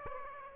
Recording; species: mosquito wingbeat signal from an infrared sensor; Aedes aegypti